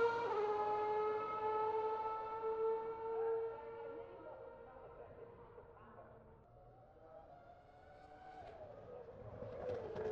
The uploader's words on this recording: McLaren Formula 1 V8s and V10s at Monterey.